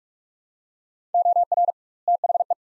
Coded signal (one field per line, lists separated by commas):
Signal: Morse code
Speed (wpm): 43 wpm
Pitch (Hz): 700 Hz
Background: none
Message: OR THE